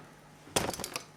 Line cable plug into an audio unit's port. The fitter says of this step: and here you go plugging it in you can hear it clicking